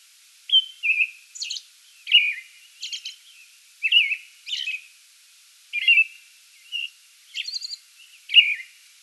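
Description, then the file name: American robin song: clear caroling whistled phrases mixed with thin high squeaky notes, delivered in steady bouts with short pauses. Song bout, 8 May 2022. "2022-05-08 American Robin song bout"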